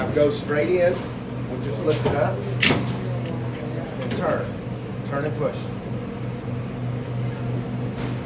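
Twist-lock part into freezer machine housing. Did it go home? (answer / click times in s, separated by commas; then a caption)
no / none. A twist-lock part is pushed straight into a freezer machine housing, lifted and turned, with soft handling and sliding noises over a steady low hum while someone talks. The part has not locked in place yet, and no click is heard.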